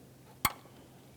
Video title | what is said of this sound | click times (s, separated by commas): How to Replace Lower Ball Joint 2002-2005 Ford Explorer | Slide it in, listen for a click. | 0.5 s